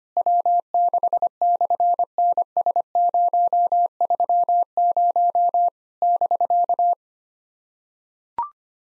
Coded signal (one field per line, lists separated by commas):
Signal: Morse code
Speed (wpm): 24 wpm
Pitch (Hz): 700 Hz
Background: none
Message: W6/NS030 <BK>